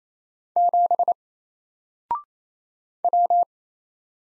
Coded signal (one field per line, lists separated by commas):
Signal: Morse code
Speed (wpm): 27 wpm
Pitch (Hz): 700 Hz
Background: none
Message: 7 W